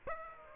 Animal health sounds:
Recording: mosquito wingbeat signal from an infrared sensor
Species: Aedes aegypti

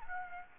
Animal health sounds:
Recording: mosquito wingbeat signal from an infrared sensor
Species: Aedes aegypti

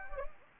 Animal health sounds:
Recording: mosquito wingbeat signal from an infrared sensor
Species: Anopheles gambiae

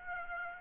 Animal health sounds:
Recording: mosquito wingbeat signal from an infrared sensor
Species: Aedes aegypti

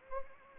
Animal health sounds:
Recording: mosquito wingbeat signal from an infrared sensor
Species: Anopheles arabiensis

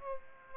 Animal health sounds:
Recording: mosquito wingbeat signal from an infrared sensor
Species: Aedes aegypti

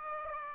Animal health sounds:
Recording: mosquito wingbeat signal from an infrared sensor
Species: Aedes aegypti

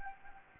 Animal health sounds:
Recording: mosquito wingbeat signal from an infrared sensor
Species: Anopheles gambiae

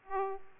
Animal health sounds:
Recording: mosquito wingbeat signal from an infrared sensor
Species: Aedes aegypti

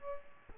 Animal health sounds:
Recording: mosquito wingbeat signal from an infrared sensor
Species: Culex pipiens

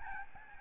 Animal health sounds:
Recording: mosquito wingbeat signal from an infrared sensor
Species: Aedes albopictus

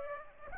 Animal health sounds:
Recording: mosquito wingbeat signal from an infrared sensor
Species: Aedes aegypti

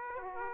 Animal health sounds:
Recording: mosquito wingbeat signal from an infrared sensor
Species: Aedes aegypti

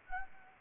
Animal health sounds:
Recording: mosquito wingbeat signal from an infrared sensor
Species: Anopheles gambiae

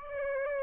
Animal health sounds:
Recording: mosquito wingbeat signal from an infrared sensor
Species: Aedes aegypti

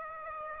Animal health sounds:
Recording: mosquito wingbeat signal from an infrared sensor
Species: Aedes aegypti

